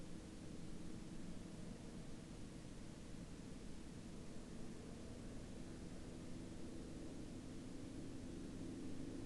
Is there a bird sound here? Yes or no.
no